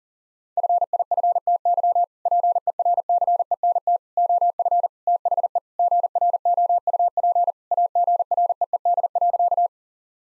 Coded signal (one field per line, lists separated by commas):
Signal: Morse code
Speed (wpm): 37 wpm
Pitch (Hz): 700 Hz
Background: none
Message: FIFTY PERCENT OF THE GROUP AGREED.